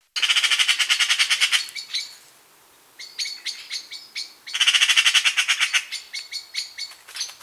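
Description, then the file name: Eurasian magpie chattering: two bursts of harsh, rapid rattling notes about three seconds apart, with a few scattered single rasping calls between them. "Pica pica"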